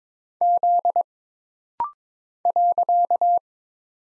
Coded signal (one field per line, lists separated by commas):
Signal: Morse code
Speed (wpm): 22 wpm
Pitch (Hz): 700 Hz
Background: none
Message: Z .